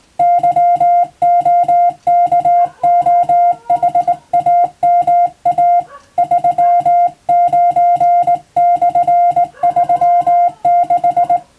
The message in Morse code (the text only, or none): YOKOHAMA 39/36